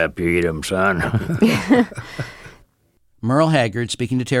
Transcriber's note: laughter